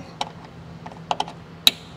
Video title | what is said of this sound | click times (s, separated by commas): How To Replace a 2018-2020 Honda Accord Side View Mirror - Quick 5-Min Install & Removal - ReveMoto | should hear that click. Once you hear that click then you're good to go | 1.7 s